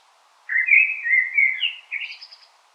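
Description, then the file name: Common blackbird singing a single mellow, warbled phrase that rises into a thin, high twittering flourish at its end. "Turdus merula"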